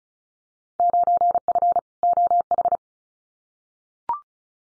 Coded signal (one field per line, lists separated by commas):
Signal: Morse code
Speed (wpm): 34 wpm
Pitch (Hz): 700 Hz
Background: none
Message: 9F OH